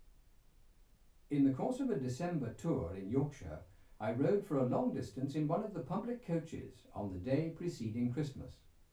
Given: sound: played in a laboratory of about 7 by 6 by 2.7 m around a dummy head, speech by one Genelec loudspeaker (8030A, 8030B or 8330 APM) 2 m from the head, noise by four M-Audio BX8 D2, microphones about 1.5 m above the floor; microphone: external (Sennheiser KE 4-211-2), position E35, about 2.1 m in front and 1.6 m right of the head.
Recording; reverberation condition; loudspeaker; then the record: male speech in English; low; 30 degrees to the left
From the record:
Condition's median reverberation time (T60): about 310 ms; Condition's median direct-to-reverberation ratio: about 3.5 dB